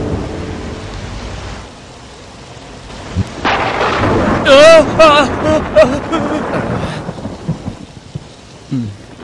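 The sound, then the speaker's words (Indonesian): Steady heavy rain hisses throughout, joined by deep thunder rumbles that swell in the middle, where a voice briefly rises above the downpour before the storm settles again. “Sebaiknya kita menunggu di sini sampai hujannya reda.”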